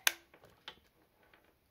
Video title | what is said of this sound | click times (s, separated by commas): Unboxing Mekotronics R58 Mini HDD Rockchip RK3588 Android TV Media Player | clicks into place | 0.1 s